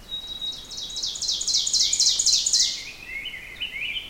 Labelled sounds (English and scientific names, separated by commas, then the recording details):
Ovenbird (Seiurus aurocapilla) song
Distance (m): 20 m
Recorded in boreal forest in Alberta, Canada, on 4 June 2016 at 06:03
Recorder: SongMeter 3, array SBT-3-51
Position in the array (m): 272 m, 125 m
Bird 28